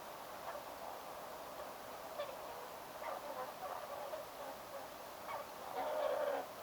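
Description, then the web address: Whooper swan calls, soft and muffled through most of the stretch, ending with one louder drawn-out falling note near the end, against a constant hiss. Whooper swan family giving close-range sounds and social calls of cygnets at a barn swallow nesting site, 29 October 2025; taken directly from the recorder. "paivat 29 10 2025 haarapaaskysen pesapaikan laulujoutsenpesue aantelee lahiaania sosiaalisia poikasten aantelyja suoraan aanittimesta"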